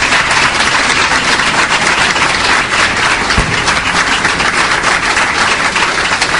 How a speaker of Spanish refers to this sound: otro aplauso